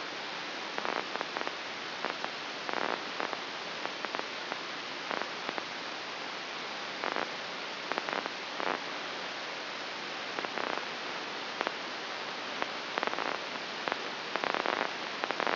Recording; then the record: brain microelectrode recording played as sound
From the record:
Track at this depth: inside the subthalamic nucleus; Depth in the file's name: 2.945 mm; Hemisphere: right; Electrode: 2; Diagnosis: Parkinson's disease